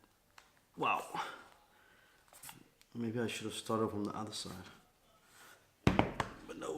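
An Apple iPad 6th Gen (2018) tablet is pressed corner by corner into a rubberised protective case while someone talks. The case edge pops over the tablet with short thunks at 5.9, 6.0 and 6.2 seconds, and the tablet is seated in the case.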